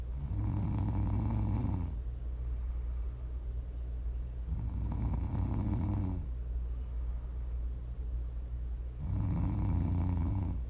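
Prime ASMR snoring from an adult sleeper: three loud, low-pitched snores come about every four seconds, with quieter breathing between them.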